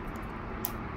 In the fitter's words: and you hear like a little click it locks in so